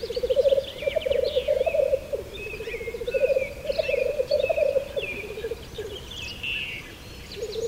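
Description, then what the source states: Black grouse giving a steady low bubbling coo in pulsed, undulating phrases, with scattered higher twittering and hissing calls overlapping throughout. Recorded 13 May 2015.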